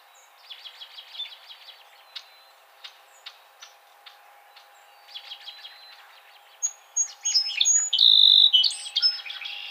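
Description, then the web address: Song sparrow song: runs of quick, thin notes with short gaps between them, building to a loud, complex, buzzy phrase at the end. Recorded on 28 April 2007. "Song Sparrow 2007 04 28"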